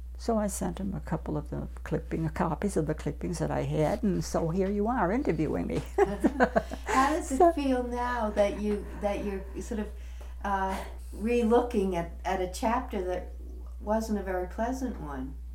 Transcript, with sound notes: So I sent him a couple of the copies of the clippings that I had, so here you are interviewing me. (laughs )
How does it feel now that you, that you're sort of re-looking at a chapter that wasn't a very pleasant one